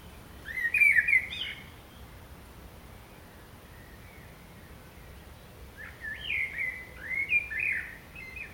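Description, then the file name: Common blackbird delivers two fluty, warbling phrases with high squeaky endings, separated by several seconds of quiet. "Turdus merula"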